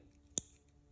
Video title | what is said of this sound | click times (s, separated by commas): Building a harness to adapt a Baja LP6 Pro light to an Indian Sport Chief #98 | and hear that little click. | 0.4 s